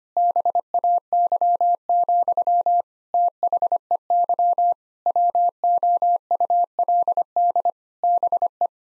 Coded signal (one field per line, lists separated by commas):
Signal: Morse code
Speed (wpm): 25 wpm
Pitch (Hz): 700 Hz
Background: none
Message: BAY, THEY WOULD BE